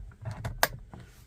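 An airbag module is lined up on its three pins and pushed into a Hansshow Cyber steering wheel, a Cybertruck-style wheel for a Tesla Model Y / 3. After a few soft scuffs and rattles, a loud, sharp snap rings out at 0.6 s, followed by quieter handling noises. The airbag module is seated in the steering wheel.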